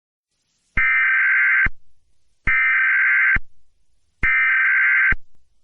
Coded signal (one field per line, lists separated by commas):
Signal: Emergency Alert System (SAME) tones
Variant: header bursts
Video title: EAS | Russia Is Invading The UK |